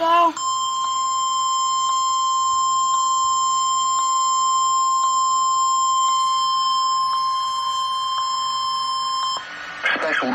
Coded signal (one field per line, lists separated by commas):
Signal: Emergency Alert System (SAME) tones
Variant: 1050 Hz attention tone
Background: speech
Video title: Special Marine Warning | EAS #155